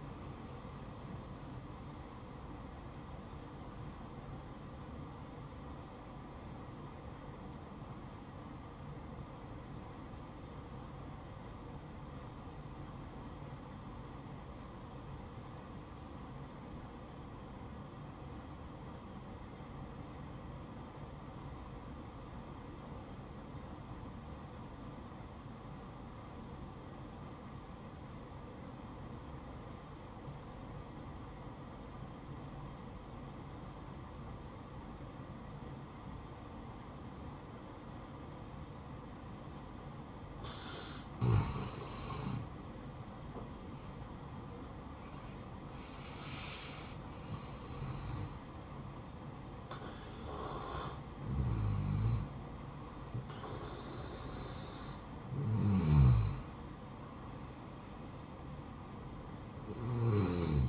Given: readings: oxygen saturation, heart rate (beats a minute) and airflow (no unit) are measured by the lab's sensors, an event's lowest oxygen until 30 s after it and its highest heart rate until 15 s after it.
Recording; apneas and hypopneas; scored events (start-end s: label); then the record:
breathing in sleep by a smartphone at the bedside; 1
6.00-42.60 s: obstructive apnea (N1, oxygen 96% highest, then 87% lowest, heart rate 63 at the start, 76 highest)
17.00-60.69 s: new sleep stage, N2 (light sleep)
From the record:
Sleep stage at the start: N1 (lightest sleep); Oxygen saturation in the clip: 85 to 96%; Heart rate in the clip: 58 to 76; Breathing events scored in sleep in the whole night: 573 in 9.8 hours asleep